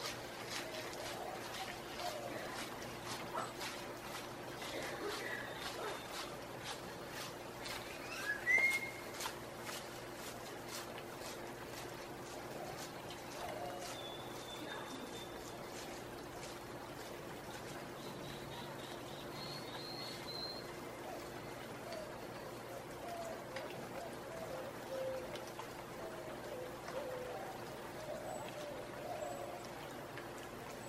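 Early morning on a balcony above the Placencia Sidewalk in Belize: a steady low hum, scattered bird chirps, clicks, and faint voices.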